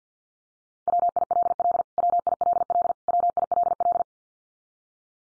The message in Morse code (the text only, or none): WILL WILL WILL